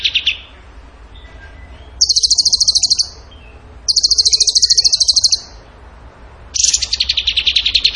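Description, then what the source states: Bird song: a short opening burst, then three loud, fast, high trills, the last lower and falling slightly in pitch. Masteran training recording of a bird singing in the gacor tembakan style.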